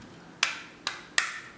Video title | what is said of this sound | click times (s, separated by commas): INSTALLATION REMAP BOARD PS4 EASY REMAPPER V3 - SCUFF - BURN - IDEAL POUR FORTNITE - CUSTOM MANETTE | en premier vous entendez un petit clic voilà | 0.4 s, 0.9 s, 1.2 s